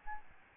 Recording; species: mosquito wingbeat signal from an infrared sensor; Aedes albopictus